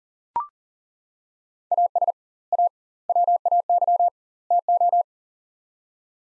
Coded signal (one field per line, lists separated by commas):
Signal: Morse code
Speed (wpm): 40 wpm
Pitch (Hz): 700 Hz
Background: none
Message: AS A WAY TO